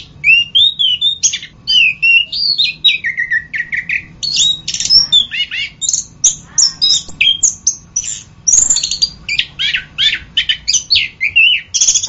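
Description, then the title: Orange-headed thrush sings a rich, fast sequence of whistles, chatters and scratchy notes, phrases changing throughout. "anis kembang"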